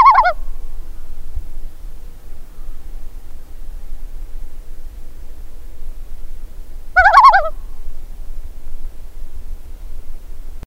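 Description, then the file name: Common loon tremolo calls, two short quavering, laugh-like bursts several seconds apart over a low background rumble. "Gavimm"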